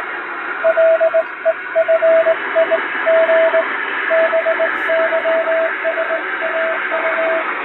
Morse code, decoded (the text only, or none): LEFIG BYSAU